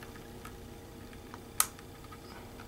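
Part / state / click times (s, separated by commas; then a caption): fold-out USB connector arm into camcorder body / seated / 1.6 s. The fold-out USB connector arm of a Kodak Mini HD ZM2 waterproof slim camcorder with a 1.8" LCD screen is pushed back down into the plastic body after the lever is pulled. Faint small ticks are heard over a low steady hiss, then one sharp, bright click stands out clearly. The arm clicks home and seats at 1.6 s.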